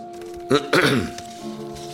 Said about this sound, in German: Ja, ich höre was. Es fing an mit einem Räuspern.